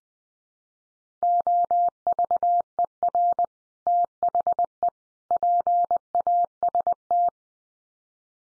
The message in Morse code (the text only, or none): OVER THE PAST